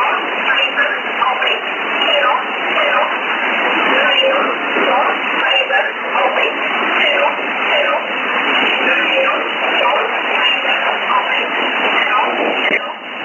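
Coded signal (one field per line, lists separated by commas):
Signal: numbers station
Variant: E11 Oblique, English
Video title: 03 12 2018 E11 Oblique Numbers station in English to Eu 0640 on 11450 unknown tx site in USB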